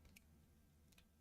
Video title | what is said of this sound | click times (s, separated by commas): Building a BETTER tree for Yavin IV Rebel Base | That locks into place. | 0.2 s